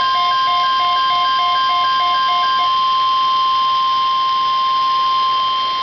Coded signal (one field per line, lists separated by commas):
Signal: Emergency Alert System (SAME) tones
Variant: 1050 Hz attention tone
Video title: Tornado watch EAS # 10